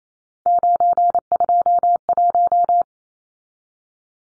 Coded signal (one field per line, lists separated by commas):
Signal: Morse code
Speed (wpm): 28 wpm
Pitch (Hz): 700 Hz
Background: none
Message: 921